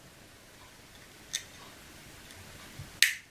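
The electronics insert of a Mercedes smart key fob is pushed back into its plastic housing, with a faint tick at about 1.4 s over quiet background noise. A sharp, bright click at 3.0 s is the tab locking the insert in, leaving it seated and securely held inside the fob.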